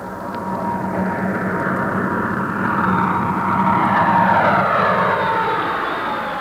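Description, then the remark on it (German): A jet fighter on a practice flight roars overhead in a steady, broad rush that swells toward the middle and slowly eases, with faint tones sliding in pitch beneath the noise and no voices. “Über dem Donner höre ich den Düsenjäger.”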